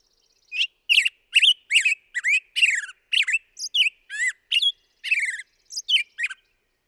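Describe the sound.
Black-headed grosbeak delivering a lively series of rich, slurred whistled notes, rising and dropping in pitch, with no other sounds.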